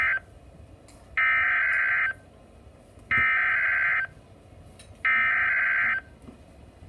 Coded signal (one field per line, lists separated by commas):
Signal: Emergency Alert System (SAME) tones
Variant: header bursts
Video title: EAS Alerts #9 & #10 Double Header #1 (Severe T Storm Warning #7 & Severe T Storm Watch #2) 5/21/18